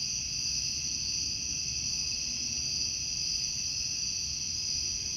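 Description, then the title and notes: Steady high-pitched cicada drone, unchanging for the whole stretch, layered over a faint low hum. Outdoor summer recording of cicadas. "Ext Cicadas, Car Driving By, Summer by Bandeto"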